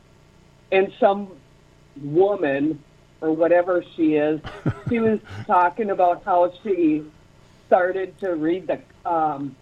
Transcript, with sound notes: And some woman, or whatever she is-
(laughs)
... she was talking about how she started to read